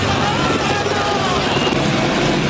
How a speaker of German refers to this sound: Mittlerweile sind zwei Hubschrauber bei uns. Ein zweiter Hubschrauber ist gekommen.